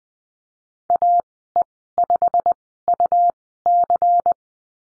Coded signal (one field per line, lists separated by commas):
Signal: Morse code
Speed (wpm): 20 wpm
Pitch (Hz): 700 Hz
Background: none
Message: AE5UC